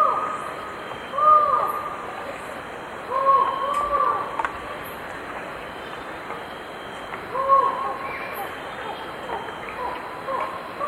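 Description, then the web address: Collared forest-falcon uttering hollow, arched 'ow' notes singly or in pairs with long gaps between them, over constant hiss and scattered faint high ticks. Recorded in Ecuador. "Birds of Ecuador. Collared Forest Falcon"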